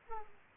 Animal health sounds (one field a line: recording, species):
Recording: mosquito wingbeat signal from an infrared sensor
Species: Aedes aegypti